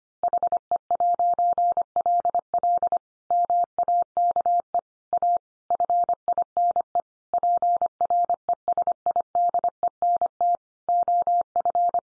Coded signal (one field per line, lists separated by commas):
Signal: Morse code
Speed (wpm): 25 wpm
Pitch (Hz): 700 Hz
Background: none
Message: HE'LL MAKE A FINE PRESIDENT OF